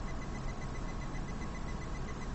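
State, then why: Not seated. An internal part is being handled and pressed into a Nexus One smartphone handset during reassembly after a cracked touch screen digitizer replacement. Only steady, low-level broadband noise with a faint, repeating tone near 2 kHz is heard, with no distinct clicks or impacts. Nothing has seated or clicked into place yet.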